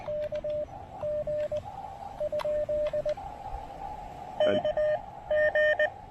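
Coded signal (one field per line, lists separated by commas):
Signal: Morse code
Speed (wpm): 20 wpm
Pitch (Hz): 590 Hz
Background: radio noise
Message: KG ? KG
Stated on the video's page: Park activation with an Elecraft KX2 into a 9:1 random wire antenna, partly on 20 meters.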